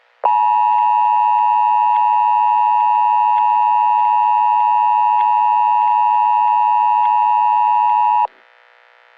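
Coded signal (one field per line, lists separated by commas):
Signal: Emergency Alert System (SAME) tones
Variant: 853 and 960 Hz attention tone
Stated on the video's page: Fictional mock alert scenario.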